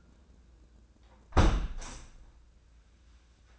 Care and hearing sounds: daily activity, microphone in the room; close window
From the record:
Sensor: 2

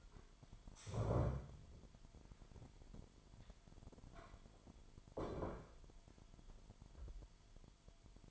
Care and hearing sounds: daily activity, microphone in the room; stand up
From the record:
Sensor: 5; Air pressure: 998.6 hPa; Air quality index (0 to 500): 85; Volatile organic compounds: 1 ppm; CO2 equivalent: 972 ppm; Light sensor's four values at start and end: 39/95/40/44 and 39/94/39/43

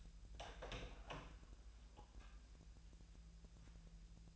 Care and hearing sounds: daily activity, microphone in the room; open door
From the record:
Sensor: 2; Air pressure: 1001.3 hPa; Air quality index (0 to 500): 244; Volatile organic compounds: 79 ppm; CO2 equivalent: 3594 ppm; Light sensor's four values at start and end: 10/24/10/10 and 10/24/10/10

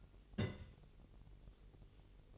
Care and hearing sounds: daily activity, microphone in the room; place on stove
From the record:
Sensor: 4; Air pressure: 1002.8 hPa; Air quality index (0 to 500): 246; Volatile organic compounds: 11 ppm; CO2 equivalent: 2311 ppm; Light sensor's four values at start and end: 8/18/7/7 and 8/18/7/7

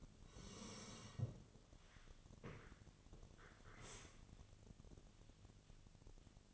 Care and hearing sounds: daily activity, microphone in the room; sit down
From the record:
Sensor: 4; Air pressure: 1001.2 hPa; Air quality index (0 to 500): 182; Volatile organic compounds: 2 ppm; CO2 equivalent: 1301 ppm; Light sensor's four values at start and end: 14/33/13/13 and 14/33/13/14

